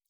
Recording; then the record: hydrophone in a shrimp aquaculture tank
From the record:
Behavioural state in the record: normal